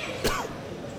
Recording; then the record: coughing mixed with background sound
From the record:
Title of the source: Coughing 51